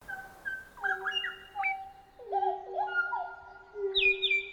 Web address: larry. colluricincla harmonica